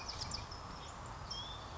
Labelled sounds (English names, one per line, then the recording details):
California Towhee
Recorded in Sonoma County, California